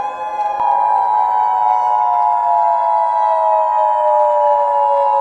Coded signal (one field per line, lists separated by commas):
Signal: Emergency Alert System (SAME) tones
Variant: 853 and 960 Hz attention tone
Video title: @AngelMallonee-e4m’s EAS Scenario Birthday Special: Ruby